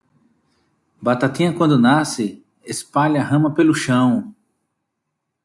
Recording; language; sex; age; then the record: short text; Brazilian Portuguese; male; 40 to 49 years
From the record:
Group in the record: control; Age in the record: 41 years